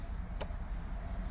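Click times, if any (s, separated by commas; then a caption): 0.4 s. A new sun visor pivot for a 2008–2012 Honda Accord is pushed into its headliner roof mount and turned until it clicks. A single short, faint click sounds at 0.4 s over a steady low rumble. The visor is locked into place.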